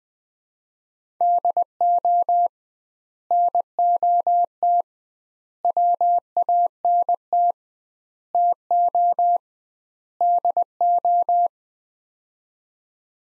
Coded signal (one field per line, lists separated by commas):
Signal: Morse code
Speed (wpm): 20 wpm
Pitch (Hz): 700 Hz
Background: none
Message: DO NOT WANT TO DO